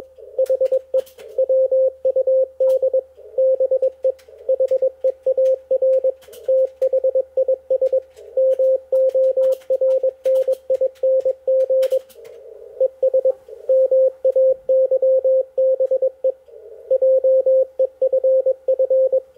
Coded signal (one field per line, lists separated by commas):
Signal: Morse code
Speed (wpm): 21 wpm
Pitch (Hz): 520 Hz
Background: radio noise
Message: HE WUD BE HEAR THIS MORNING ES MAYBE JEFF